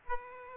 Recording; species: mosquito wingbeat signal from an infrared sensor; Aedes aegypti